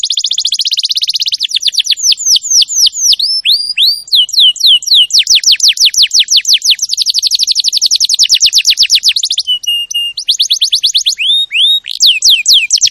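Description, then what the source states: Canary song: continuous, high, rolling trills that shift speed and pitch every second or two, with a steady whistled note late on, delivered almost without a break. Champion canary song, used as a master to train other birds.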